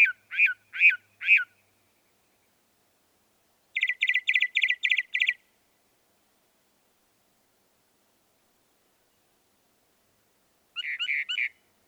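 Northern mockingbird song in separate bursts: one phrase repeated four times, then a fast run of similar notes, then a short cluster, with silent gaps between.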